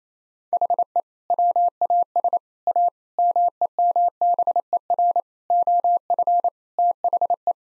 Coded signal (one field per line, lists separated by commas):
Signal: Morse code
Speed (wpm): 28 wpm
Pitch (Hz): 700 Hz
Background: none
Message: HE WAS A MEMBER OF THE